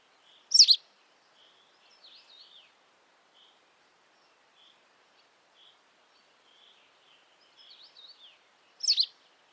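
Bird chirping: two loud sharp high notes at start and end, with soft twittering phrases and short faint notes scattered between them against near silence.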